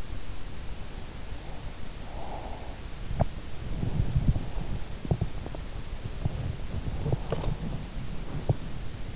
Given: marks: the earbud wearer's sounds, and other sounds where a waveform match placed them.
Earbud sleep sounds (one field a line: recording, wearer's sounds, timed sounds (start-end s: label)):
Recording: sounds in sleep by an in-ear microphone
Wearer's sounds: breath, body movement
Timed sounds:
1.45-3.27 s: breath
2.82-9.16 s: body movement